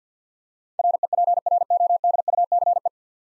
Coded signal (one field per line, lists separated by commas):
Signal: Morse code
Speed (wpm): 50 wpm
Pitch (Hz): 700 Hz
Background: none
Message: REPRODUCE